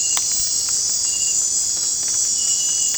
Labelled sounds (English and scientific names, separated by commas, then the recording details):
none
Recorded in dense forest near Puerto Asís, Putumayo, Colombia, on 22 December 2024 at 19:00
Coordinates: 0.466, -76.327
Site G075